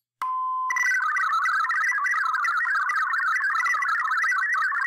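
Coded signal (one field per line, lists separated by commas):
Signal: multi-tone FSK (Olivia or MFSK type)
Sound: brief steady tone, then fast burbling run of hopping pitched tones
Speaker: we can go ahead and hit play and we should uh start capturing this in the waterfall and decoding so let's see if that happens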